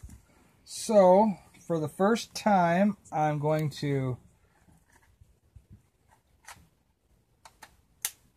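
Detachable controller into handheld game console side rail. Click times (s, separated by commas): 8.1 s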